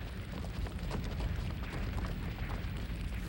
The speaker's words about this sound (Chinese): 有枪声， 这里。